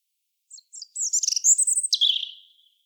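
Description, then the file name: European robin song, a phrase starting with thin, very high notes that builds into a rapid glittering trill, then descends to a sustained fading whistle. "Erithacus rubecula"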